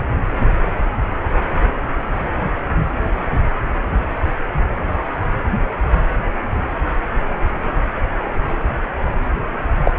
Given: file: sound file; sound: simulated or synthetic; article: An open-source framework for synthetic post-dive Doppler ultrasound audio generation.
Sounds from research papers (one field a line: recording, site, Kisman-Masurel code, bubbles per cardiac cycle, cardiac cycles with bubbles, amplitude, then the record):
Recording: Doppler ultrasound audio after a dive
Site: precordial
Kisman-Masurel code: 213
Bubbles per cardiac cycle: several, 3–8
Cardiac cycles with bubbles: 1–10%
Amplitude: loud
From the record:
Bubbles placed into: full cardiac cycles